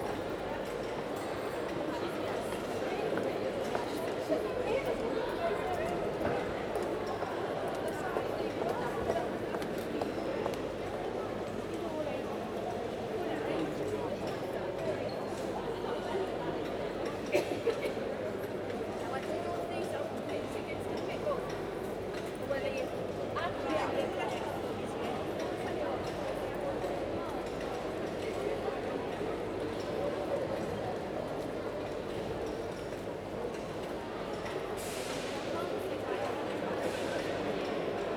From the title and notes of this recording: All recorded at Newcastle's Central Station.